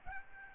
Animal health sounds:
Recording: mosquito wingbeat signal from an infrared sensor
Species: Aedes albopictus

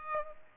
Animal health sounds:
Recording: mosquito wingbeat signal from an infrared sensor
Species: Aedes aegypti

